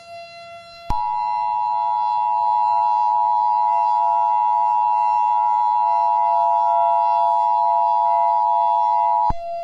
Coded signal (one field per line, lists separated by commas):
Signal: Emergency Alert System (SAME) tones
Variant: 853 and 960 Hz attention tone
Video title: The Tables Were Turned.. (1980’s EAS mock)